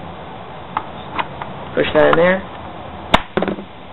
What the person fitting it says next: There's your click.